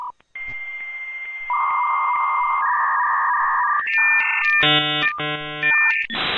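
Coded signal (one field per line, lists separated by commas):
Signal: dial-up modem handshake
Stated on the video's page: Dial-up modem connecting to the internet over a landline phone line.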